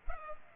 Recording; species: mosquito wingbeat signal from an infrared sensor; Culex pipiens